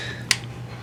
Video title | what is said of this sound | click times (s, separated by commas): How to Replace The Input and Output Speed Sensors On a Hyundai Elantra | make sure it clicks into place | 0.3 s